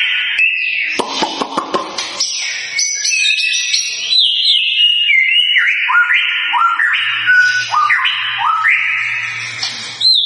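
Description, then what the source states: White-rumped shama song: a quick run of clicking notes, then a steady string of loud whistled phrases that swoop up and down, each repeated in varied order. Lure recording of a constantly singing (gacor) bird, intended to provoke an immediate response from other birds.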